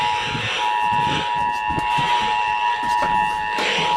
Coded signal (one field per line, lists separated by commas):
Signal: Emergency Alert System (SAME) tones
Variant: 853 and 960 Hz attention tone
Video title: HELLO 2018!! EAS Alerts from 1/3/18 - 1/31/18 (EAS #779 - 793)